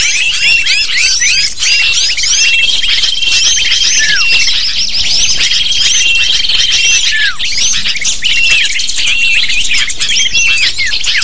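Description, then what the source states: Lovebird flock calls: unbroken high-pitched twittering and squeaks from many birds together, overlaid by thin level whistles. Lure call (pikat) to attract lovebirds.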